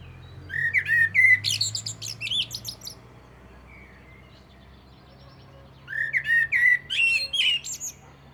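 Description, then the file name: Common blackbird song: two phrases separated by a pause, each a low fluted warble that breaks into a high, squeaky twitter. "Turdus merula"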